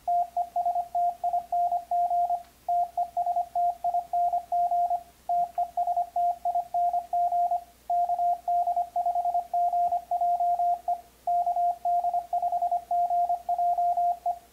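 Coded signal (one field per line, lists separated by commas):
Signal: Morse code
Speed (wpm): 25 wpm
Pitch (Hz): 700 Hz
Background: radio noise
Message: TESTING TESTING TESTING KD5GJE KD5GJE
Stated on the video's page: Morse sent in CW mode from a keyboard with an Elecraft KX3 and PX3.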